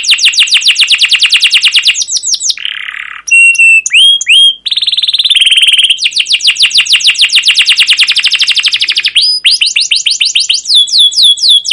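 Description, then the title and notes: Canary singing a long varied song of rapid trills, buzzy rolls, brief pure whistles and sharp downslurred notes, with hardly a break throughout. Song used as a lure and master recording for training young canaries to learn sounds; emotional, long chirping 'cuit cuit' style song. "CUIT CUIT NGEROL LANGSUNG GACOR PANJANG Kenari Ini AMPUH Utk Pancingan KENAR. PANCINGAN Kenari GACOR PANJANG Cuit CUIT EMOSI ini AMPUH utk MASTERAN Kenari PAUD belajar BUNYI. burung kenari"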